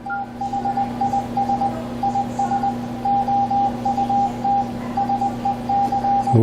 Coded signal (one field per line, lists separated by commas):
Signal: Morse code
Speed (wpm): 20 wpm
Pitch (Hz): 800 Hz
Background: radio noise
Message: THIS IS OUT SEC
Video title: Kenwood TS-890S - Using a Keyboard for CW, FSK, and PSK